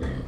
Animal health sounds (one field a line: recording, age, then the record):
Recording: pig call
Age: growing-finishing pig (85 days or more)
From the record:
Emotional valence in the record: negative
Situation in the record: barren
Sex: male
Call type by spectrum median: low-frequency call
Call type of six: low-frequency stable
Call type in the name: low-frequency stable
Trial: 4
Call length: 0.28 s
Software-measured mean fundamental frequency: 65 Hz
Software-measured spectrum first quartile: 91 Hz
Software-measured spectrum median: 209 Hz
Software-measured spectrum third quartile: 541 Hz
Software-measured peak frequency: 74 Hz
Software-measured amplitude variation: 145 dB a second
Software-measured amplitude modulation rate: 27.3 a second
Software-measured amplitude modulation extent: 5.3 dB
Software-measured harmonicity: -2.7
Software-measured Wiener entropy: -0.62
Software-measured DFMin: 1049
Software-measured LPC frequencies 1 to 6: 329, 1880, 3348, 4354, 5943, 7324 Hz